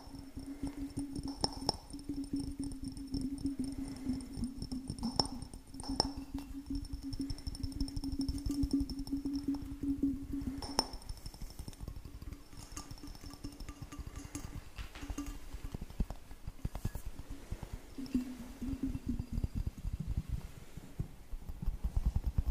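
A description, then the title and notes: Rapid, dense tapping runs throughout, a busy clatter of small hits with occasional sharper knocks standing out, one near eleven seconds. A steady low hum sits underneath for the first half, fading after about eleven seconds and returning briefly near nineteen. Tapping Overload.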